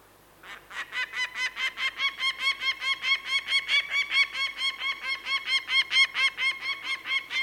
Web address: falcon peregrine male and female flight alarm calls